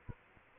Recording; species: mosquito wingbeat signal from an infrared sensor; Aedes aegypti